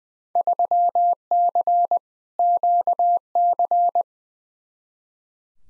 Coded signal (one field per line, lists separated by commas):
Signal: Morse code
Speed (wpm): 20 wpm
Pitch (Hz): 700 Hz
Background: none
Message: 3C QC